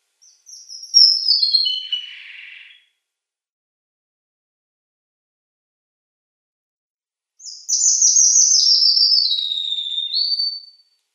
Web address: Schulze Peter Red Avadavat song